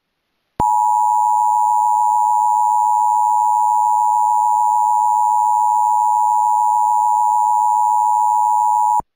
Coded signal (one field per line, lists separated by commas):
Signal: Emergency Alert System (SAME) tones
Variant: 853 and 960 Hz attention tone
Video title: EAS Reenactment Mock: Dave Voice Test, Required Monthly Test For Kentucky